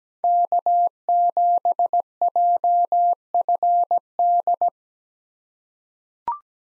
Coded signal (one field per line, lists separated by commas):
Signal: Morse code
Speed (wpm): 17 wpm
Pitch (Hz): 700 Hz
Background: none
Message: K7JFD